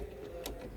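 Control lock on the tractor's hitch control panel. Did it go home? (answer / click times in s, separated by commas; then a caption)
yes / 0.5 s. The control lock on the hitch raise/lower control of a JCB Fastrac 2115 tractor's hitch control panel is engaged so the control cannot be moved by accident. A short, sharp click sounds at 0.5 s over a steady low background hum, and the hydraulic control lock seats in place and stays locked.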